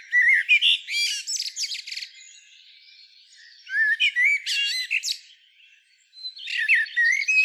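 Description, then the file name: Common blackbird song: phrases of low fluted whistles ending in bursts of high squeaky twitters, separated by brief pauses. "Turdus merula"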